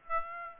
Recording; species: mosquito wingbeat signal from an infrared sensor; Aedes aegypti